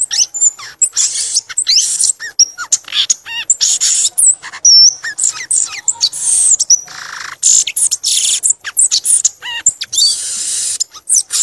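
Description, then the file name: Violaceous euphonia song, a fast, varied jumble of high chips, sharp rising and falling notes and short buzzy bursts, delivered almost without pause. "canto do gaturamo verdadeiro"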